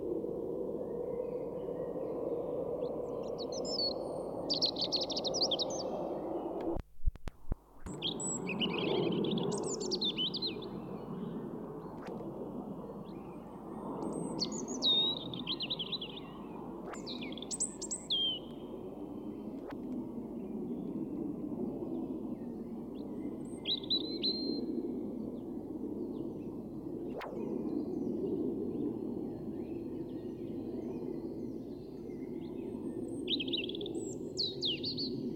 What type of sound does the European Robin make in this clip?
song